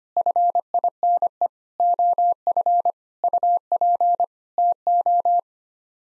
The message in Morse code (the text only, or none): FINE OF UP TO